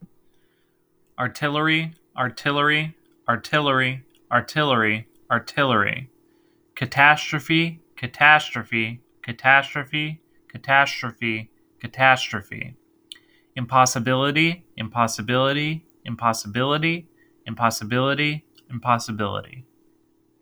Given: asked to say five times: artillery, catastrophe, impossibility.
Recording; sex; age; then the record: three words, each repeated; male; 30 to 39 years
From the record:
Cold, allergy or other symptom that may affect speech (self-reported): no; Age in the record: 38 years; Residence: Florida, United States